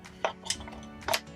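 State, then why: Seated. A metal reflector is twisted onto the Bowens mount of a GVM SD200R studio light, with metallic clinks and scrapes around 0.3 s and 0.5 s. The reflector clicks and locks into place at 1.1 s.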